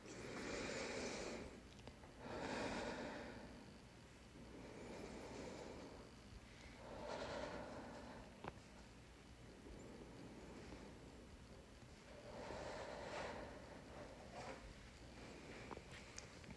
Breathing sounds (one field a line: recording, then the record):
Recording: deep breathing after running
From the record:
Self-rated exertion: moderate exertion (3 of 6)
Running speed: 7 miles an hour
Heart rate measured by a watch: 98 beats a minute at the start, 97 at the end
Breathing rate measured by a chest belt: 16 breaths a minute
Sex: female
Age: 26 years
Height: 172 cm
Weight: 60 kg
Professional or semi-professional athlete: no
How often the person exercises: over 5 times a week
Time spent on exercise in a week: over 5 hours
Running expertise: yes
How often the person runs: 3 to 5 times a week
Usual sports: running, interval training, yoga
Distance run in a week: 50 km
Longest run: 21 km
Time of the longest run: 122 minutes